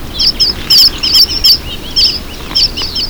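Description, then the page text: Red avadavat calls, a rapid series of high thin chirps and twittering notes repeated several times a second, over a steady background hiss. "Red Avadavat. Audio (M. Oberle)"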